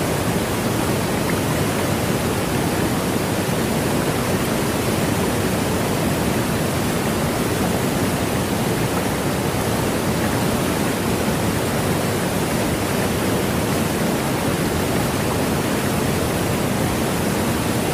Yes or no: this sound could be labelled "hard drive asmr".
no